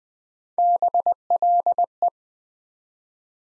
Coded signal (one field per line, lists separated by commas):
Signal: Morse code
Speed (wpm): 20 wpm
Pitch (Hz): 700 Hz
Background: none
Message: BLE